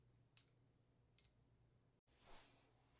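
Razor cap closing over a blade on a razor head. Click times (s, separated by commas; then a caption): 0.4 s, 1.2 s. A blade sits between the cap of a razor head, and the head is pressed shut until it snaps in place and closes correctly. Two sharp clicks are heard at 0.4 s and 1.2 s over a low steady hum, followed by a brief drop to silence near 2.0 s and a soft rushing noise around 2.3 s.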